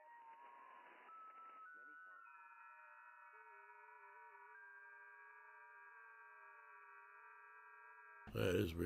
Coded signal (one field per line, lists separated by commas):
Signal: FT8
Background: speech